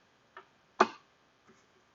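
The top fuel line quick-connect on a Chevy Trailblazer is pushed onto the fuel rail during an intake manifold gasket replacement. A soft tick at 0.4 s is followed by a sharp, bright click at 0.8 s, then a faint tap near 1.5 s. The connector is seated and locked on.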